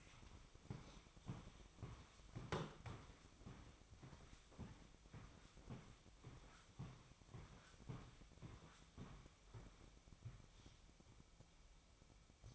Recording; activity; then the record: daily activity, microphone in the room; walk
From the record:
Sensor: 1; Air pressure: 1001.7 hPa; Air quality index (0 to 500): 221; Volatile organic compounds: 30 ppm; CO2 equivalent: 2951 ppm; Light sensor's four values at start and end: 9/33/12/14 and 9/33/12/13